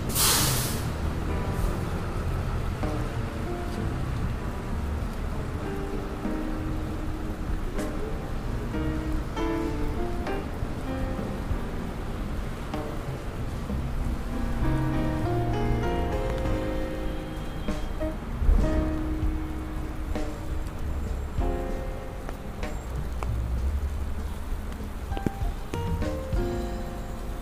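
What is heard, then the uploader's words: Rain falls over New York streets as a steady, dense hiss beneath a constant low rumble of traffic. Engines drone and brakes squeal throughout, with a sharp burst at the very start and a louder knock around eighteen seconds. Raining Day In New York.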